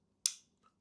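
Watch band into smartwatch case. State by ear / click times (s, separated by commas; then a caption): seated / 0.3 s. A watch band strap on a Samsung Galaxy Watch Ultra 2 is clipped into the top quick-release mount on the watch case, giving a single sharp click at 0.3 s. The click decays quickly, followed by a faint, softer tick near 0.7 s. The band snaps into place and sits secure.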